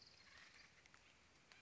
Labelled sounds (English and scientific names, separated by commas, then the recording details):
Acorn Woodpecker (Melanerpes formicivorus)
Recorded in Sonoma County, California